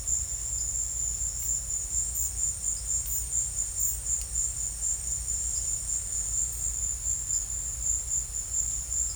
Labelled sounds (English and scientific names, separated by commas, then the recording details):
none
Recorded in secondary vegetation near Puerto Asís, Putumayo, Colombia, on 20 December 2024 at 14:00
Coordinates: 0.481, -76.318
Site G042